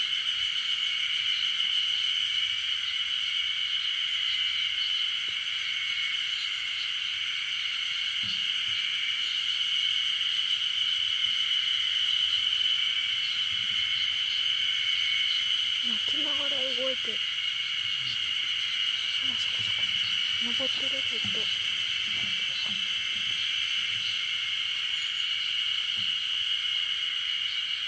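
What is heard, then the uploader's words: A forest at night hums with a dense, steady chorus of insects, a bright unbroken shimmer that never lets up. Around sixteen and twenty-one seconds, a few short, faint lower calls rise beneath it, possibly a voice or animal. In Nasu Forest.WAV by ototamari.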